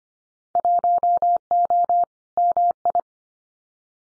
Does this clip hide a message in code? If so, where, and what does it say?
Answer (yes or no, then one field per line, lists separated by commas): yes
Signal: Morse code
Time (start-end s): 0.6-3.0 s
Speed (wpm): 25 wpm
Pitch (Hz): 700 Hz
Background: none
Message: 1O MI